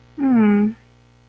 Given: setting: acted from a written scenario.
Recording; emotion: vocal sound without words; disappointment